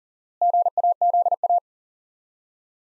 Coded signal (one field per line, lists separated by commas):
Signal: Morse code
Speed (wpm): 40 wpm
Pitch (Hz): 700 Hz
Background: none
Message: GAZA